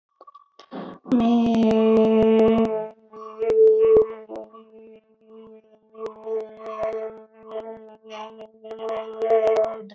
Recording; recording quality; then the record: sustained vowel as in made; moderate, slight background noise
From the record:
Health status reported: healthy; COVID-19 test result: not tested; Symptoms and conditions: none ticked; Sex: female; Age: 33 years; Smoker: not ticked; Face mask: not worn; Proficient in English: yes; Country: India